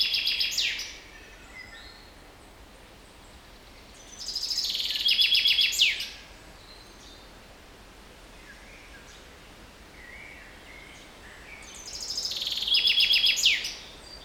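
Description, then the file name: Common chaffinch song, two full bright rattling phrases ending in a flourish, about eight seconds apart, plus the tail of an earlier phrase at the start; faint background hiss. "Fringilla coelebs"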